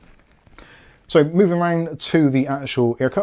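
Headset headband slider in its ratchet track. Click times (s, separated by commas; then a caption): 0.6 s. The plastic headband slider on the other side of a Picun F6 over-ear headset is moved through its ratchet track, giving several faint ratchet clicks before a louder final snap at 0.6 s as it seats in the end detent. After that, someone talks.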